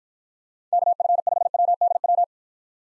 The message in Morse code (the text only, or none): KF5WDW